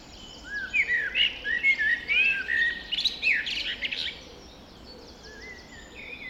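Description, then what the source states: Birds in a dawn chorus: a loud burst of quick chirps and warbled notes, repeated rapidly for about three seconds, then quieter singing. Dawn chorus recorded just after dawn in the Forest of Dean.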